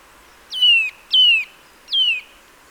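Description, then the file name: Eurasian nuthatch giving three ringing, downward-slurred whistles in quick sequence, each note short and pure, with little else audible. "Sitta europaea"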